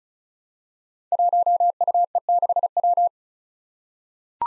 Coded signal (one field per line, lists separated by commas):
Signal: Morse code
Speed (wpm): 36 wpm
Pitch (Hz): 700 Hz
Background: none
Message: 1UE6W